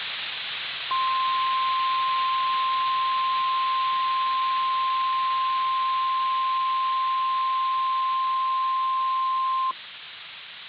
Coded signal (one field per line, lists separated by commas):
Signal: Emergency Alert System (SAME) tones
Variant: 1050 Hz attention tone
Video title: "Northwest Anomaly" - EAS Mock